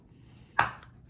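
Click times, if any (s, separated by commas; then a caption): 0.6 s. A metal mason jar lid insert with fabric over it is pushed into the screw band ring, bending slightly as it goes in because the fabric makes it a little too big. A sharp metallic click at 0.6 s, followed by a couple of faint softer ticks, signals that the lid has seated in place in the ring.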